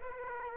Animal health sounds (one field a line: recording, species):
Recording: mosquito wingbeat signal from an infrared sensor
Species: Aedes aegypti